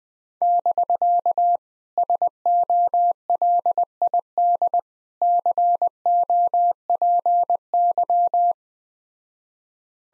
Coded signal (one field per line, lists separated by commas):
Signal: Morse code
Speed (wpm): 20 wpm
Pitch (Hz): 700 Hz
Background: none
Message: <BK> SOLID COPY